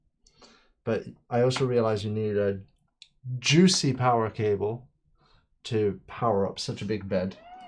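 Someone talks while handling the large power cable plug for a 3D printer's heated bed, getting it ready to push into its socket; a faint tick comes near the start. Nothing has seated or clicked yet.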